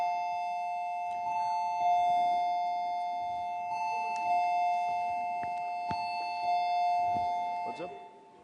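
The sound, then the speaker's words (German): A doorbell rings with steady, sustained bright tones lasting several seconds, with muffled voices and small knocks and shuffles underneath. “Ich dachte, die haben geklingelt.”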